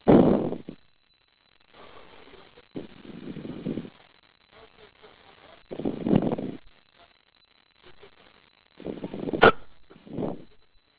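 An adult man makes about five abrupt, sharp-onset voiced bursts at irregular intervals over eleven seconds, with quieter breathy sounds between them. These sudden involuntary catches of the breath are hiccups.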